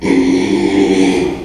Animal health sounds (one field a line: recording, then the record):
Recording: squeal of a Yucatan mini pig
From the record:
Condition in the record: after surgery on the right vocal fold (resection and tissue-engineered implant)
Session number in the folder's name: 2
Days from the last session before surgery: 13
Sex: male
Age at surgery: 12 weeks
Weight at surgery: 13 kg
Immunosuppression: cyclosporine, prednisolone